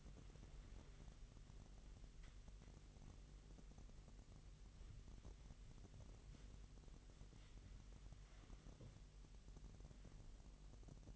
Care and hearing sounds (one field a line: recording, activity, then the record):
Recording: daily activity, microphone in the room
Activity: wipe stove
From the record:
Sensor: 4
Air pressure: 1001.7 hPa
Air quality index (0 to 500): 248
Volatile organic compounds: 41 ppm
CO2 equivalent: 3168 ppm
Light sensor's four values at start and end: 8/19/7/6 and 8/18/7/6